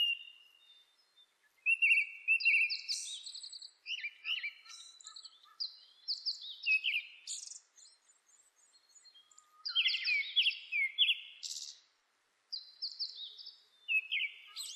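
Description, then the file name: Japanese thrush in continuous song, a rich stream of varied whistles, trills and slurred notes, with one brief pause near the end. Recorded 26 April 2006. "060426 kurotugumi"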